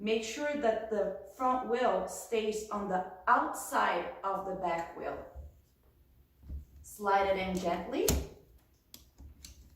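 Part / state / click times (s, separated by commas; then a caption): wheel assembly into rolling walker frame / seated / 8.9 s, 9.5 s. Someone talks while the first wheel assembly is slid gently into the tubular frame of a rolling walker, with the front wheel spacer on the outside of the back wheel. Two sharp ticks are heard at 8.9 s and 9.5 s as the wheel clicks and locks into the frame, seated.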